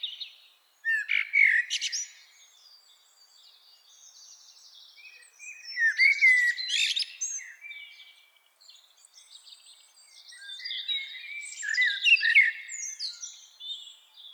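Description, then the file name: Common blackbird song: fluted warbling phrases near the start, middle and end, each trailing into high squeaky twitters. "Turdus merula"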